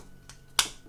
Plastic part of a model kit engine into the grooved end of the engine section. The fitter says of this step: and I can hear it clipped in there and then